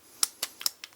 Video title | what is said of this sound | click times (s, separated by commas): CA-3 308 Cetme Rifle Review HK G3's Older Brother | and then it just pretty much straight up it just pops into place like that | 0.2 s